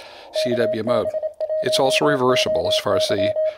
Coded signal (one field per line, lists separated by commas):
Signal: Morse code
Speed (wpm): 27 wpm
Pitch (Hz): 620 Hz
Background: speech, radio noise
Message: KB1OY